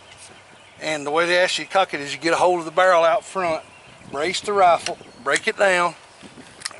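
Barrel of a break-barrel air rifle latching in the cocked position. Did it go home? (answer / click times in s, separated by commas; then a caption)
yes / 6.7 s. A break-barrel air rifle is braced and its barrel is gripped out front and broken down to cock the spring while someone talks. A single sharp click is heard at 6.7 seconds as the barrel reaches the bottom and latches in the cocked position.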